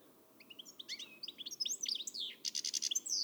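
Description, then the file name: European goldfinch song of rapid tinkling twitters building into a run of quick repeated buzzy notes at the end. "Carduelis carduelis"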